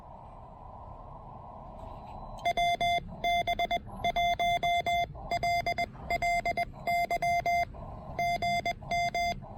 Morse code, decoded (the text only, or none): WB1LLY GM